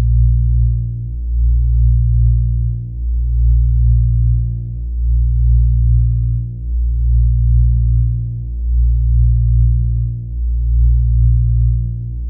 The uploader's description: Calming binaural beat utilizing delta waves